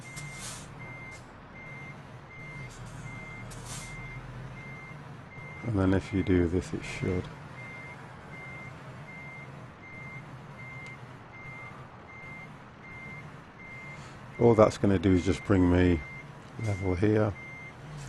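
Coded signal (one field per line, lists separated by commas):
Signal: none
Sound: a truck's reversing beeps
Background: speech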